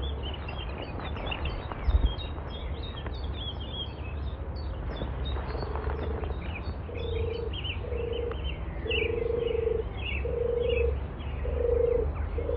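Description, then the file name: European turtle dove starting a run of low purrs midway, about six rolling phrases growing stronger, after high repeated notes of a small bird. Recorded 23 May 2021; excerpt with the sound of a chiffchaff reduced. "Turtle-Dove-210523-reduced-chiff-excerpt"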